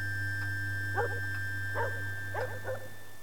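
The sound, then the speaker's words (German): A dog at a count's castle in the middle of the night gives four short, sharp barks at uneven intervals, fairly quiet, over a steady low electrical hum with no talking. “Der Hund hat mich geweckt. Jetzt bellt er nicht mehr.”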